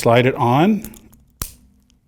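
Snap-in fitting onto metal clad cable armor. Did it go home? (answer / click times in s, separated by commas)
yes / 1.4 s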